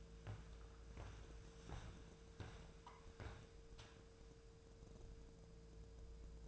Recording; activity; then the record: daily activity, microphone in the room; walk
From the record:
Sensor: 2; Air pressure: 1005.4 hPa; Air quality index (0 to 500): 98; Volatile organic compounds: 2 ppm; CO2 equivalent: 1183 ppm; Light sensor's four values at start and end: 8/20/8/8 and 8/20/8/8